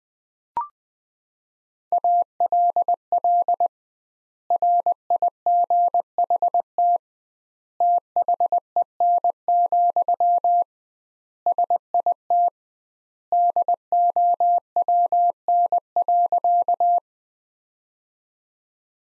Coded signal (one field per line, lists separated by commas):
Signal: Morse code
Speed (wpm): 21 wpm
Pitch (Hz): 700 Hz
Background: none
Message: ALL RIGHT THEN, SIT DOWN.